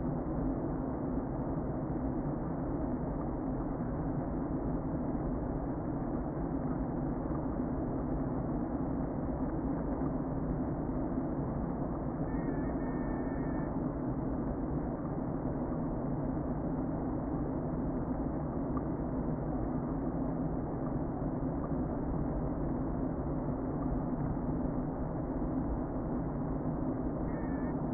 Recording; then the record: honeybee colony, microphone inside the hive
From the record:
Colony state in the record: queen present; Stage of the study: before two queens were removed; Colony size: about 60,000 bees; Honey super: yes